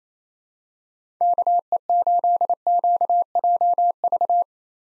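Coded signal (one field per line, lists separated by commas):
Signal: Morse code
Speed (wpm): 28 wpm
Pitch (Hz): 700 Hz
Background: none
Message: KE8QJV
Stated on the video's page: Morse drill of common POTA activator call signs at 28 wpm for head-copy practice, each sent, spoken, then sent again.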